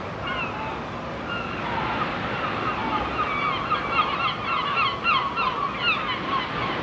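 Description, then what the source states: Gull chorus building from scattered cries to a dense run of short overlapping calls, above a steady roar of waves. Seagulls on the shore.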